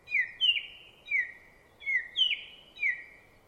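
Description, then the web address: Song thrush song: a descending slurred whistle repeated six times, some in close pairs, clear over a faint background hiss. "cianscape birddata Deverinetal 2025"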